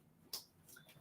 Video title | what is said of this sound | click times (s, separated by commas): 7-11-2022 Crafts Pillar: How to Do Wall Decor the Easy Way | put her on in here. And you hear that snapping? Mm-hmm. | 0.3 s